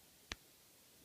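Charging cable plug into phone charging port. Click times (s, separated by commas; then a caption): 0.3 s. A charging cable plug is pushed into an iPhone's freshly cleaned charging port and seats with a single sharp, short click at 0.3 seconds. The rest of the clip is quiet background hiss.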